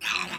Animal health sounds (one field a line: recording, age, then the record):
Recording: pig call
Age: piglet (1 to 25 days)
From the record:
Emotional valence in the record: negative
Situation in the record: restrain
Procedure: sham castration, cut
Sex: male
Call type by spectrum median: high-frequency call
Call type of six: low-frequency tonal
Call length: 0.39 s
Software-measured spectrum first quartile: 1680 Hz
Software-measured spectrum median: 2540 Hz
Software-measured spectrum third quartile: 3330 Hz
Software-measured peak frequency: 2598 Hz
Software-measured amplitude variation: 166 dB a second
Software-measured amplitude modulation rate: 19.4 a second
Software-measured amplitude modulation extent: 8.5 dB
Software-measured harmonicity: 1.6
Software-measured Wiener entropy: -1.16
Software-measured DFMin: 762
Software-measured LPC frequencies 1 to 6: 1125, 1555, 2573, 3575, 3961, 5458 Hz